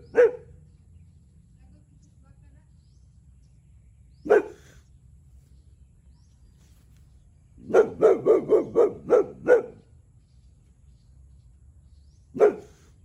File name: boxer Dog